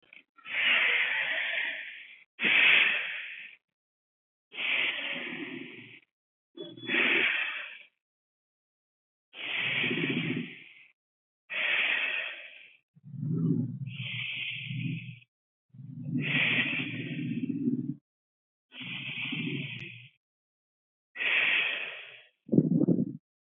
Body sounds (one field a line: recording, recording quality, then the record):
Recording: deep breathing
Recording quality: excellent, no background noise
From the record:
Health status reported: COVID-19 positive, no symptoms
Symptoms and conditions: sore throat, fatigue, muscle pain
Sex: female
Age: 24 years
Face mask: not worn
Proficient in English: yes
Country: India